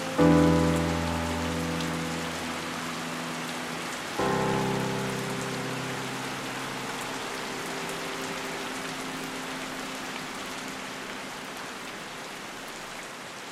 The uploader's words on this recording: Raining all around. Relaxing music and rain featuring soft piano music.